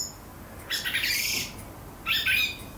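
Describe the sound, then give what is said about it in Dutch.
A blackbird's quiet subsong in the bushes, a young or adult bird babbling and practising for the new season: two soft, rambling bursts of warbling, twittering notes with scratchy, high chirps, separated by a brief pause, with no voices present. “hoort een merel die nog niet klaar is voor het”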